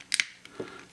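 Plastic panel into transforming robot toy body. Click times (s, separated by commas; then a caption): 0.1 s, 0.2 s. A plastic panel is pushed into the body of a transforming plastic robot action figure during its transformation and clips into place. Two sharp plastic clicks sound at 0.1 s and 0.2 s, followed by a faint tick and a soft, low rustle of handling. The part is seated.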